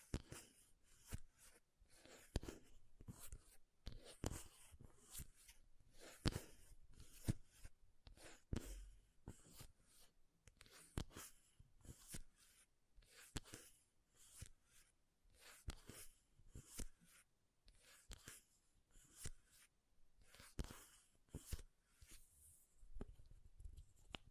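Makeup containers are tapped and scratched in quick, uneven bursts, with sharp crisp clicks arriving several times a second throughout. Short scratchy strokes fill the gaps between taps, and a few louder knocks land around the six and seven second marks.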